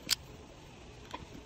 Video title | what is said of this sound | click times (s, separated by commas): Palitan mo agad yuny C0de para safe!! | Yan, ayaw niya na mag-lock. | none